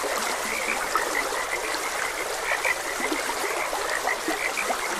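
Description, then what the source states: Frogs croak in a busy overlapping chorus of short bright notes, accompanied by the steady sound of trickling water. Frogs croaking beside a gentle stream.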